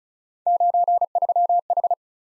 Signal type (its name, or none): Morse code